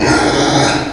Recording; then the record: squeal of a Yucatan mini pig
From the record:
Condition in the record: before surgery on the right vocal fold (resection and tissue-engineered implant); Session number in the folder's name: 2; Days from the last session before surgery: -15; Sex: female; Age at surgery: 19 weeks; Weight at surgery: 25 kg